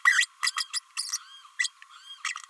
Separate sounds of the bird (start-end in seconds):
0.05-0.26, 0.43-0.51, 0.56-0.64, 0.73-0.79, 0.96-1.18, 1.59-1.71, 2.24-2.35